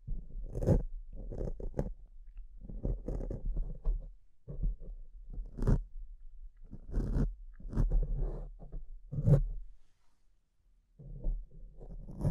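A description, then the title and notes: Mic scratching: rough, rasping bursts of rubbing and scraping come in irregular clusters every second or so, with sharper bright scrapes near 0.7, 5.7 and 9.3 seconds. A low rumble runs under each burst, and a brief near-silent gap falls around ten seconds. ASMR Brain Melting Mic Scratching (No Talking).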